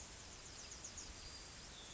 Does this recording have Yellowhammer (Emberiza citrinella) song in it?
yes